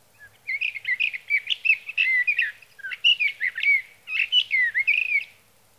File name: Sage Thrasher